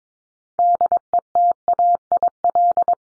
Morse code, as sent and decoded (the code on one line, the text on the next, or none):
-.. . - .- .. .-..
DETAIL